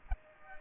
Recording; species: mosquito wingbeat signal from an infrared sensor; Aedes aegypti